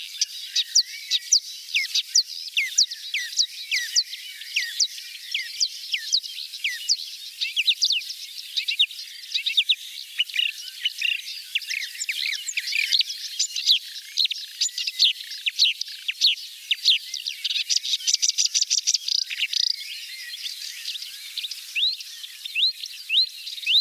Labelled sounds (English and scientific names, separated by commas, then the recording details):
Marsh Warbler (Acrocephalus palustris) song
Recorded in the wild
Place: Balaton / Hubertuspark, HU
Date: 1990-06-01
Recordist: Schwarz, Dieter